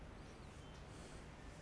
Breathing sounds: one breath in and out by a microphone near the nose and mouth; normal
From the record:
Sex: male

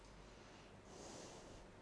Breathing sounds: one breath in and out by a microphone near the nose and mouth; normal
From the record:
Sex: female

